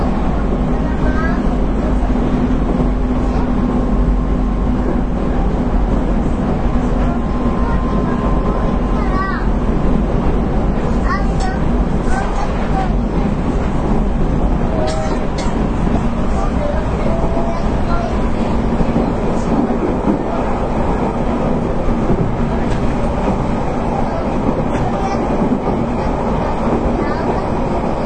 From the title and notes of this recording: JR九州 813系 中津から西小倉まで. 813系電車の走行音. 日豊線の普通列車で収録しました。 ワンマン運行です。 It was recorded with Nippou line's local train.